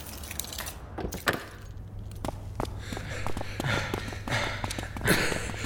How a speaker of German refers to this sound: Nicht so laut. Dein Keuchen kann man durch das ganze Museum hören.